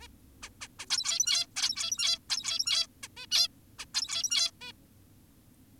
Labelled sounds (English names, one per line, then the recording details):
Zebra Finch
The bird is an adult
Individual g17y2U